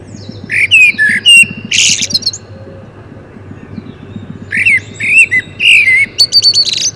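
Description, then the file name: Common blackbird singing two phrases of fluted whistles ending in high squeaky twitters, a pause between them, over a steady low hum. "Turdus merula"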